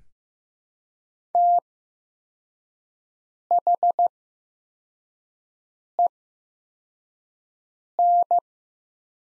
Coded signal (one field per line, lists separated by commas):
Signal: Morse code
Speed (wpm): 15 wpm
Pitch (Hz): 700 Hz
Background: none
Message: THEN